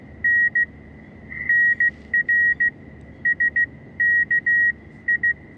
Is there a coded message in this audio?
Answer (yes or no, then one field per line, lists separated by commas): yes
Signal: Morse code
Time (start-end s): 0.2-5.3 s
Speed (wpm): 15 wpm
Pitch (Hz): 1900 Hz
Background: none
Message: N NR SK I